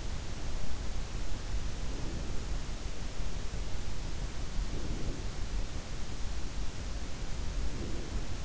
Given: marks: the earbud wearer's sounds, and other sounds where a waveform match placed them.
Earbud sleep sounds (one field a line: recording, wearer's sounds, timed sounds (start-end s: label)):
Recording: sounds in sleep by an in-ear microphone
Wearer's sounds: breath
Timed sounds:
1.55-2.66 s: breath
4.44-5.52 s: breath
7.29-8.44 s: breath